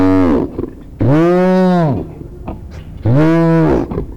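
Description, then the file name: Bear cub calling: loud, harmonic, moaning bawls that rise and then fall, each lasting about a second, with short gaps and soft grunting between them. "hyenabear cub"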